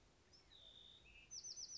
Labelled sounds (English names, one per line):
Bewick's Wren